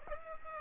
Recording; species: mosquito wingbeat signal from an infrared sensor; Aedes aegypti